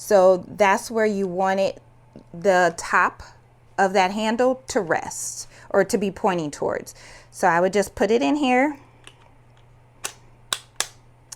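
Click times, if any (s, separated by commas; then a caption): 10.5 s, 10.8 s. Someone talks while pushing a metal bobbin case from a Bai Vision commercial embroidery machine into the slot of a plastic-and-metal bobbin tension gauge, with the case's handle pointing the right way. After a few faint taps, two sharp snaps ring out at 10.5 and 10.8 seconds as the bobbin case seats in the gauge.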